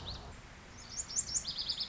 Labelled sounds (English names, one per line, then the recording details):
Lazuli Bunting
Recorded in Sonoma County, California